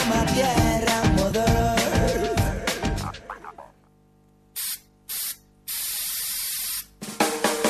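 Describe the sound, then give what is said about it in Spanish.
Three hissing bursts from an aerosol spray can, two short puffs then one longer spray, ringing out alone after loud music fades, before the music returns. “No destruyas la capa de ozono usando insecticidas, ambientadores o desodorantes en spray.”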